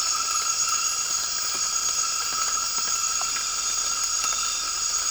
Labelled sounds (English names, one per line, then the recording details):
none
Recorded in dense forest near Puerto Asís, Putumayo, Colombia, on 12 March 2025 at 00:00
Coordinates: 0.485, -76.318
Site G056